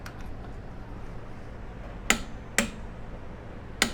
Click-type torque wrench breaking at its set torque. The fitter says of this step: so now when using your torque wrench because this is a click type you will hear a click